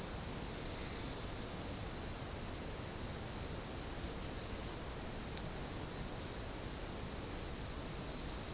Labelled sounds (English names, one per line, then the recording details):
none
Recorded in dense forest near Puerto Asís, Putumayo, Colombia, on 13 March 2025 at 12:30
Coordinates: 0.467, -76.328
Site G041